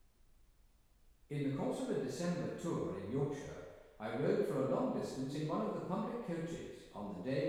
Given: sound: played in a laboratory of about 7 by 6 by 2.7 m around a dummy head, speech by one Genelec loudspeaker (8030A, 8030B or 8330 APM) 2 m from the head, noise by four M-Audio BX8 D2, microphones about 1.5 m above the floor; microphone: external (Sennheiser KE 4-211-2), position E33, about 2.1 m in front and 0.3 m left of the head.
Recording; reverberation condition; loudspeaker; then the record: male speech in English; high; 30 degrees to the right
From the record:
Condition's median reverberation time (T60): about 1300 ms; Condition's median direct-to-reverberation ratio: about -4.0 dB